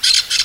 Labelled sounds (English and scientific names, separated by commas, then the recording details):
Brown-throated Parakeet (Eupsittula pertinax) contact call
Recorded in Venezuela
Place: Guárico; Corozopando; Fundo La Fe
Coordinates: 8.506, -67.593